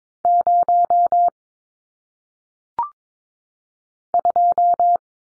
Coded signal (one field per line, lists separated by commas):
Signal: Morse code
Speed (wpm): 22 wpm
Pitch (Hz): 700 Hz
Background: none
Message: 0 2